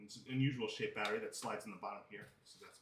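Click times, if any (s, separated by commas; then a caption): none. Someone talks while handling an unusually shaped, long battery pack that slides into the bottom of a vacuum handle, where it locks in. The battery has not seated or clicked into the handle yet.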